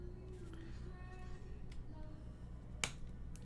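A mechanical keyboard switch is pressed into a keyboard plate against a faint, steady tonal background. It snaps home with a single sharp click at 2.8 seconds, leaving the switch seated in the plate, followed by a much quieter tick at 3.4 seconds.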